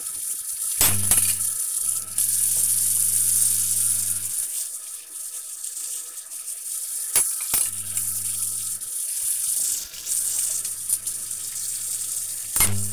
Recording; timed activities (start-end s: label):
household activities, microphone on the right wrist
0.00-12.92 s: washing dishes